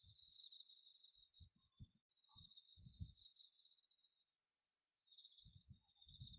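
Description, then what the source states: Bell cricket song, continuous high trilling with beaded pulses, broken by short low thumping sounds and brief dropouts. Autumn insect sounds heard as background listening during a lying-down spine relaxation lesson.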